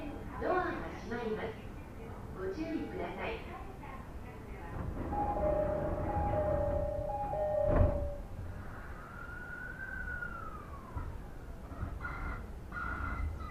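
Inside a rapid train on a railway journey, a low rumble runs throughout while voices talk over the first few seconds. Steady tones sound from about five to eight seconds, a sharp knock lands near eight, then a motor whine rises and falls.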